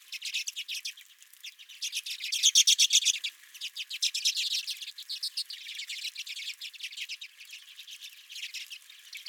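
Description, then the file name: Redpoll chatter of quick, buzzy notes in short runs, with a louder trilled burst early on. Redpolls calling at the recordist's feeder. "Redpolls at My Feeder"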